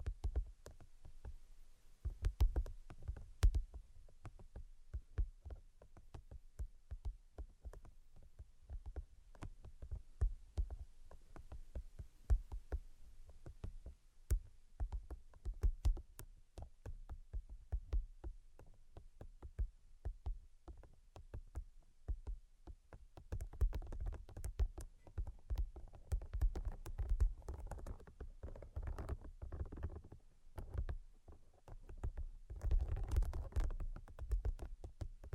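Quick, irregular tapping runs the whole way through, a dense patter of sharp clicks over a soft low thud underneath. Around the halfway point it grows busier and louder, with fuller, rustling taps clustered between about 23 and 35 seconds.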